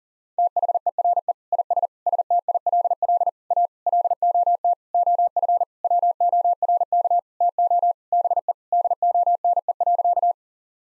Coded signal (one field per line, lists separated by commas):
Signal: Morse code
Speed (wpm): 40 wpm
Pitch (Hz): 700 Hz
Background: none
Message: THERE IS STILL A LOT OF WORK TO BE DONE.